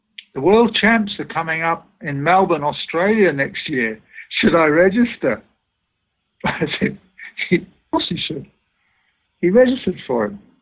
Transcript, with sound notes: “The World Champs are coming up in Melbin, Australia next year. Should I register?” [Laughs] I said, “Of course you should!” He registered for it.